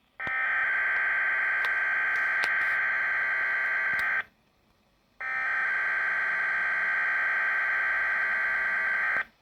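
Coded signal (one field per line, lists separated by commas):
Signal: Emergency Alert System (SAME) tones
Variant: header bursts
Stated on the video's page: Compilation of alerts from a Canadian weather radio system, possibly including invalid tones.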